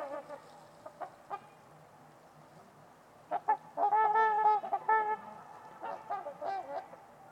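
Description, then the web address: Trumpeter swans: a few soft honks at first, then a loud run of drawn-out, trumpet-like calls, followed by scattered quieter honks. Trumpeter swans on a winter's eve at Winters Lake in a deep, silent valley, with distant white noise noted. "Trumpeter Swans on a Winter's Eve. Nick-Mc Mahan Winters-Lake-with-Swan. Wind Is the Original Radio"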